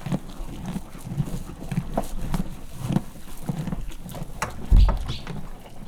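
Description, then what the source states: Horse chewing in regular crunches, then a heavy low hoof stamp near the end. Farmyard; horse eating corn and stamping with its foot.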